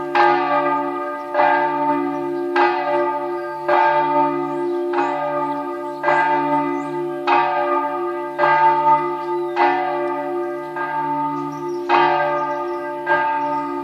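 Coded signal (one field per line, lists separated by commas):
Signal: bell signal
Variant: swinging church bell (distesa)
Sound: a single church bell swinging, struck about 11 times at a steady slow rhythm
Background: low hum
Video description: h. 12:00: segnale orario sulla mezzana Re3 e distesa della mezzana.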